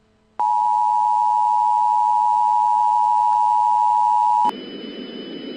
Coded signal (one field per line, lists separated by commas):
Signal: Emergency Alert System (SAME) tones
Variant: 853 and 960 Hz attention tone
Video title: EAS Test: Severe Thunderstorm Warning for State College, PA